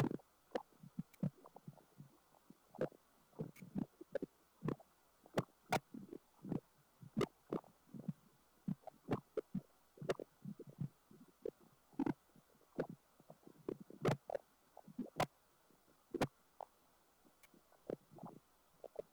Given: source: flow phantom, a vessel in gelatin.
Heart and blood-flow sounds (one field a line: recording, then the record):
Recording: Doppler ultrasound of air bubbles in flowing water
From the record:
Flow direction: away from the transducer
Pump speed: changing at random every second, 150 to 250 rpm (540 to 900 mL/min)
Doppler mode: pulsed wave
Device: 7 MHz transducer